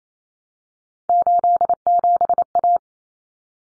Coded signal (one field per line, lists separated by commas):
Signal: Morse code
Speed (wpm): 28 wpm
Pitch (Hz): 700 Hz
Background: none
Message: 87A